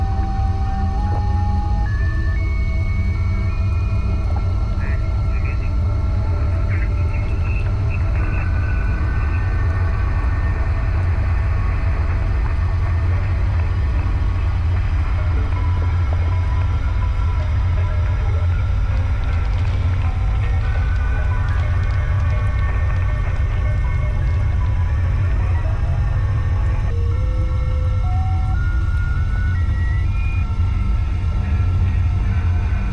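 An arctic vessel's engine idles with a steady low rumble, while faint creaks, squeals and cracking ice come and go throughout.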